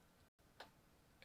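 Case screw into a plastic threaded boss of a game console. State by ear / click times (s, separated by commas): seated / 0.6 s, 1.2 s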